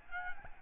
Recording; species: mosquito wingbeat signal from an infrared sensor; Aedes albopictus